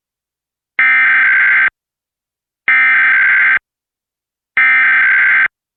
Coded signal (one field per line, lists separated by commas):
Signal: Emergency Alert System (SAME) tones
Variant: header bursts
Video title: EAS #96 June 2026 West Virginia Required Monthly Test on Comcast